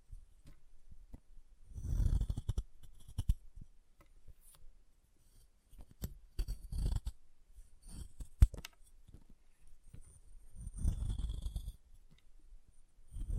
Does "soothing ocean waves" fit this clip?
no